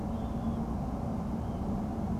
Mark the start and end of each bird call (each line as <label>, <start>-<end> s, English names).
Dunlin, 0.12-0.62 s